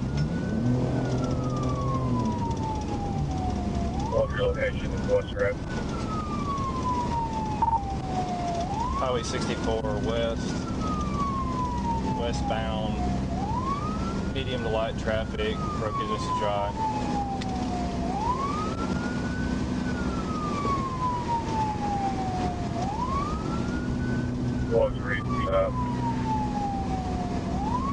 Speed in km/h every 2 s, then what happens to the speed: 129, 130, 130, 124, 124, 126, 126, 122, 122, 122, 121, 121, 122, 124.
0-28 steady at about 124.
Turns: none.